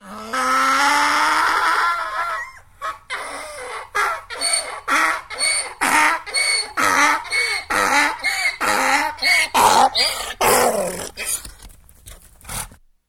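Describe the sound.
Donkey braying: a long, rising, wheezy drawn note, then a run of harsh see-sawing hee-haw pulses that slowly weaken and end.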